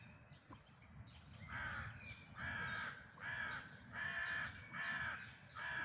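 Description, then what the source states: Bird giving harsh, hoarse cawing calls, five loud caws repeated about every 0.8 seconds after a quieter start, over a steady low rumble. Recorded during a dawn chorus in May 2026.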